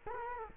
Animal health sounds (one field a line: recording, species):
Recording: mosquito wingbeat signal from an infrared sensor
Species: Culex quinquefasciatus